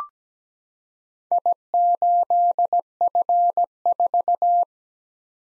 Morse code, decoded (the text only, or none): I8F4